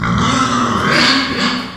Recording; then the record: squeal of a Yucatan mini pig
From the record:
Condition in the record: after surgery on the right vocal fold (resection and tissue-engineered implant); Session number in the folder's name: 16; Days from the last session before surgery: 183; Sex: female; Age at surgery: 19 weeks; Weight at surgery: 25 kg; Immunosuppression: prednisolone